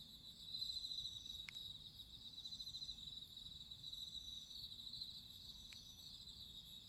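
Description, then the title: Crickets trill in a constant high-pitched band, the rapid pulsing holding even throughout, with two brief clicks and a low background hum. Crickets singing at midnight. "Listen to nature crickets singing at midnight"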